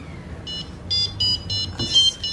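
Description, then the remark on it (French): A mobile phone plays a self-composed beeping melody of a film theme: six or seven short, bright electronic tones in a quick rhythm, mostly on one pitch with a higher note near the end, over a low background hum. “Le flic de Beverly Hills.”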